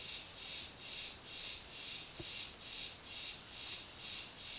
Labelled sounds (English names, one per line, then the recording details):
none
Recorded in dense forest near Puerto Asís, Putumayo, Colombia, on 18 February 2024 at 11:30
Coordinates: 0.505, -76.324
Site G6467